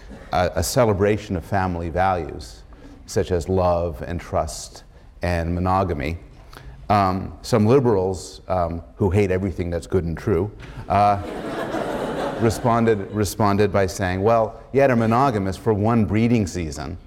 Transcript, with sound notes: a celebration of family values, such as love and trust and monogamy. Some liberals, who hate everything that's good and true, [laughter] responded by saying, "Well, yeah, they're monogamous for one breeding season.